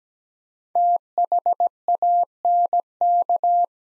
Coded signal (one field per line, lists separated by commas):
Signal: Morse code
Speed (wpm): 17 wpm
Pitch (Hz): 700 Hz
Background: none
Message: THANK